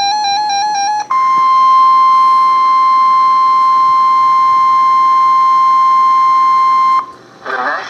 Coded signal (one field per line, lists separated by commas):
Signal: Emergency Alert System (SAME) tones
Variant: 1050 Hz attention tone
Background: music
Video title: Severe Thunderstorm Warning (EAS #1430)